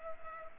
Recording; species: mosquito wingbeat signal from an infrared sensor; Culex pipiens